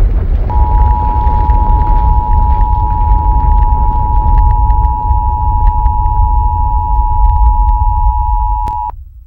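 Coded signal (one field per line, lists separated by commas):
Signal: Emergency Alert System (SAME) tones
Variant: 853 and 960 Hz attention tone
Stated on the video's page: Fictional EAS scenario, with a synthetic voice made in text-to-speech software.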